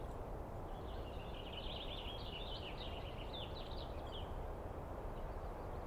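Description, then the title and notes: Douglas squirrel giving a shrill, rapid chattering trill of rising and falling notes for a few seconds, over a steady low rushing background. Squirrel screaming at length at dawn, morning of 21 April 2017, East Cascades; identified by sound, not clearly seen. "On the morning of 21 April, 2017, I set up my microphones and recorder for a nice dawn recording in the East Cascades. I was started awake by a screaming Douglas Pine Squirrel. It spent a good while telling me everything that was on its mind."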